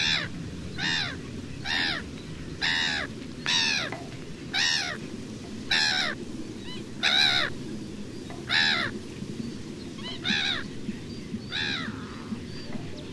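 Black-headed gull calling repeatedly, raucous arched squawks spaced roughly a second apart, some louder and some fainter, over a steady low background rumble.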